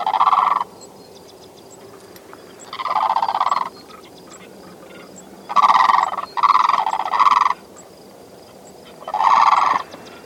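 Bird giving loud rattling gobbles in five bursts, two close together near the middle, each lasting about half a second to a second, over a quiet steady background.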